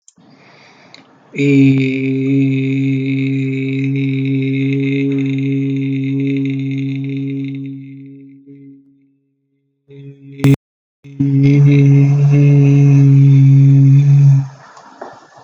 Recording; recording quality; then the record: sustained vowel as in beet; moderate, slight background noise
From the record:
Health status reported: healthy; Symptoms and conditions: none ticked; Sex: male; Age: 22 years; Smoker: not ticked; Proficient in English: yes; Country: India